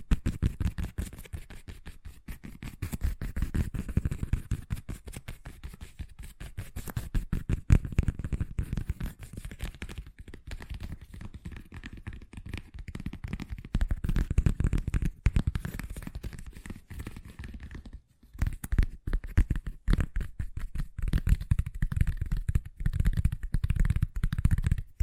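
Fast tapping runs almost without a break, a dense stream of quick, dull taps with a low, thudding weight and a light scratchy edge. The rhythm stays busy throughout, thinning briefly around the eighteen-second mark before picking back up to the same rapid pace.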